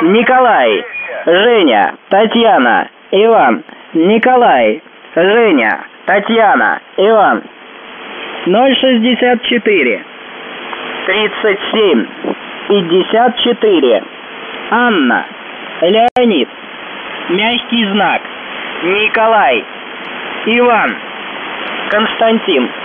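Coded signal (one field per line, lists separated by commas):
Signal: coded military voice message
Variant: UVB-76, Russian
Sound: a male Russian voice reads phonetic-alphabet names and numbers over a radio channel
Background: radio static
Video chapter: 02:54 fake message by pirate 1401z (January 22nd)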